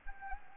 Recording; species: mosquito wingbeat signal from an infrared sensor; Anopheles gambiae